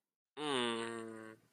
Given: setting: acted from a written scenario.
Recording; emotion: vocal sound without words; serenity